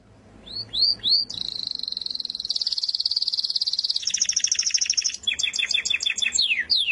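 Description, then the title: Canary song beginning with three quick chirps, then a long fast trill, a rattling tour and a burst of rapid clipped notes. "Kenari"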